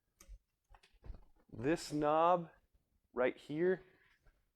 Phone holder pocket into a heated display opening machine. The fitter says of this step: all the way in until you hear a click and then also this knob on the top you